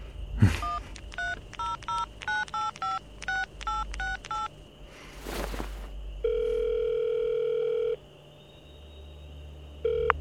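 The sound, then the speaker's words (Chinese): A telephone keypad beeps through a quick series of about ten dialing tones as someone dials his father's new home number at New Year, followed by a brief rustle and then a steady, humming dial tone lasting a couple of seconds, with no talking. “有他新家电话吗？”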